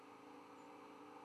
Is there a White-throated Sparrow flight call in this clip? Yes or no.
no